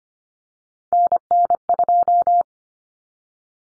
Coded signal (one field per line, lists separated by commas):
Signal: Morse code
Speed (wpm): 25 wpm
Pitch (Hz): 700 Hz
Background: none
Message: NN2